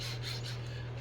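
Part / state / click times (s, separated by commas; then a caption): plastic head shell half onto robot head assembly / not seated / none. The plastic half of a small Vector toy robot's head shell is wiggled and jiggled against the head assembly during reassembly after a screen replacement. There is a steady rasping, rubbing scrape over a constant low hum for the whole second. Nothing has clicked or seated yet.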